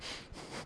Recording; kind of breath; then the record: one breath in and out by a microphone near the nose and mouth; strong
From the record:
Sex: male